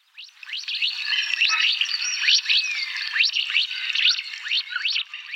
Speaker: Ja, und dann würde ich sagen, lauschen wir nochmal der kleinen süßen Mandarinente, wie sie da rumfiepst.